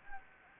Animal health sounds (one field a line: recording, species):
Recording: mosquito wingbeat signal from an infrared sensor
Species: Anopheles gambiae